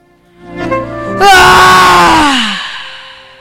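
A single scream of pain that starts as a low groan, bursts into a loud, harsh, breathy cry, then slides down in pitch and fades away. No one speaks. It resounds through a room and comes from someone suffering nightmares.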